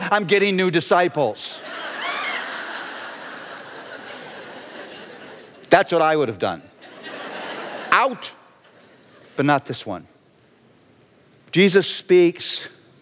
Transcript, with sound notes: I'm getting new disciples!" (laughter) That's what I would have done. "Out!" But not this One. Jesus speaks